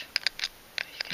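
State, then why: Not seated. A cheap clone atomizer is pressed and turned against the metal threaded top of a Mortar V5 e-cig mod, producing brief scraping and sharp metallic contact ticks near 0.2, 0.3, 0.4, 0.8 and 1.0 seconds. The atomizer won't latch onto the threading, and nothing has seated or clicked into place.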